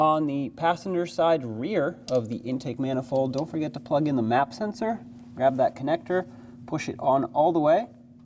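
Someone talks while handling the MAP sensor connector on the passenger side rear of the intake manifold of a 2009-2010 Dodge Ram 1500, about to push it onto the MAP sensor all the way. Only talking is heard, with a steady low hum underneath. Nothing has seated or clicked yet.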